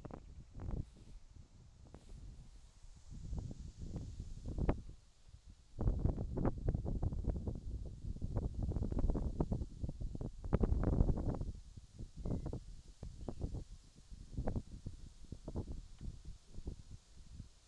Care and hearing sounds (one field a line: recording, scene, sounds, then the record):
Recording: everyday scene through a hearing-aid microphone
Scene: wind on the microphone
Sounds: wind, whistling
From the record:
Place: in front of a rural house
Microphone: in the ear canal, left